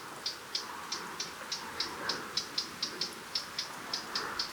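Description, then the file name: Eurasian blackcap giving hard, clicking tac calls, repeated steadily about three times a second throughout, over a soft background hiss. "Sylvia atricapilla"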